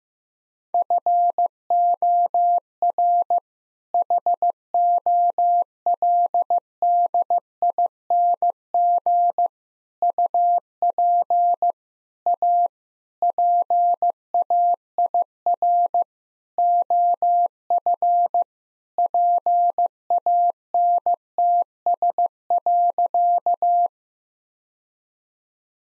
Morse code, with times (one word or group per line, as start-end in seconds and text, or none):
0.7-3.4 FOR
3.9-9.5 HOLDING
10.0-11.7 UP
12.3-12.7 A
13.2-16.0 PAIR
16.6-18.4 OF
19.0-23.9 PANTS.